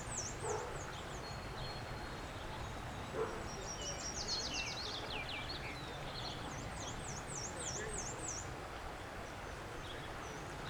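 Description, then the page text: Black-and-white warbler song, a thin high series of repeated squeaky two-part notes, with other birds singing through steady background noise. Recorded in Maryland, United States. "Black-and-white Warbler via iNaturalist"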